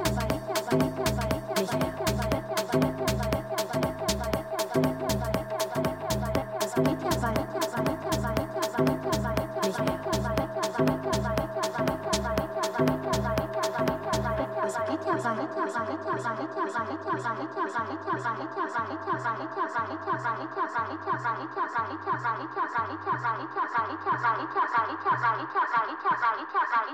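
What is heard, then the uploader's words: Day of the Dead music in Tucson, Arizona, with a steady, fast beat and a bouncing low bass line under a sustained middle tone. For the first fifteen seconds sharp crisp percussion hits ride on every beat, then they drop out and the bass and midrange melody carry on. Day of the Dead, Tucson Arizona.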